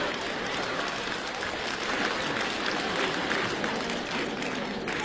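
audience applause

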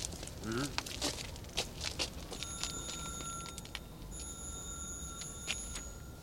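doorbell ringing

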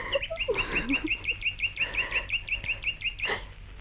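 sparrow chirping

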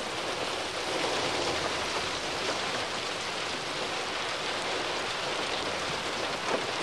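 rain falling

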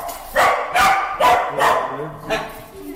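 dog barking

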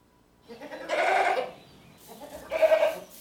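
nose blowing

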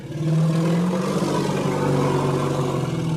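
elephant trumpeting

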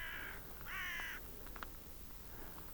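raven calling

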